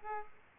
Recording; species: mosquito wingbeat signal from an infrared sensor; Aedes aegypti